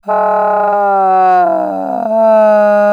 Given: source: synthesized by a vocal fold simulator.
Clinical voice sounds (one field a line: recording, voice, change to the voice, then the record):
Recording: sustained vowel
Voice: female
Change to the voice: asymmetry, level 39 of 51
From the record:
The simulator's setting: 4.80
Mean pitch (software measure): 188 Hz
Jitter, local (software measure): 0.80%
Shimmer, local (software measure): 5.2%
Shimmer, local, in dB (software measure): 0.54 dB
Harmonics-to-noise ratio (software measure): 21.7 dB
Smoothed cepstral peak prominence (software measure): 15.2 dB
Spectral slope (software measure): -22.8 dB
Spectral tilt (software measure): -12.7 dB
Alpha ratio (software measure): -13.2 dB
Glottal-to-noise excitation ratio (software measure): 0.892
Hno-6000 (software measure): 2.5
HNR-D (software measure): 31.3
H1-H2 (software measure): 1.3 dB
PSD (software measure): 1.3e-03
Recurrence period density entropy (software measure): 0.121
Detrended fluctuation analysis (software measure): 0.0237